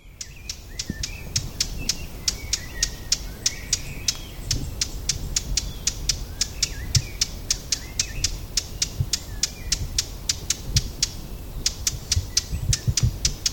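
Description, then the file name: Eurasian blackcap calling with sharp, clicking tack notes in a steady rapid series, with a low rumble behind. "Sylvia atricapilla"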